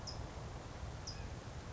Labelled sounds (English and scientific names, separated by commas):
California Towhee (Melozone crissalis)